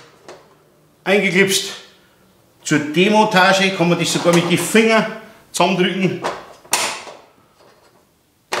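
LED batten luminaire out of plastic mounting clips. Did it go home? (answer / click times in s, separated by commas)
released / 6.7 s, 8.5 s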